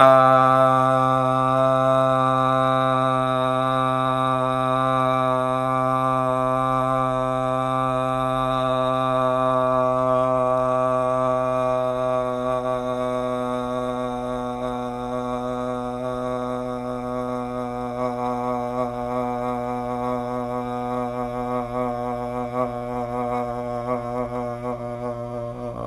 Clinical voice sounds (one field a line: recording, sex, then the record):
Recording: sustained vowel /a/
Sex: male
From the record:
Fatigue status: no fatigue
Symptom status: asymptomatic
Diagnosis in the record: COVID-19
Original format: m4a